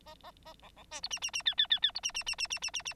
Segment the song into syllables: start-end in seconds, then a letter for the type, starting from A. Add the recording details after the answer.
0.06-0.15 A, 0.23-0.31 A, 0.45-0.54 A, 0.62-0.69 B, 0.76-0.84 B, 0.91-1.01 C, 1.03-1.08 D, 1.10-1.19 E, 1.22-1.31 E, 1.33-1.43 E, 1.45-1.54 F, 1.57-1.67 F, 1.70-1.79 F, 1.82-1.92 F, 1.95-2.00 D, 2.03-2.12 E, 2.14-2.23 E, 2.26-2.35 E, 2.38-2.47 E, 2.50-2.59 E, 2.62-2.71 E, 2.73-2.82 E, 2.85-2.94 E. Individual Bird9